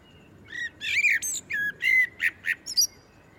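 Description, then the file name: Common blackbird calling, a rapid series of short, squeaky chattering notes in quick succession with a soft background hiss. "Turdus merula"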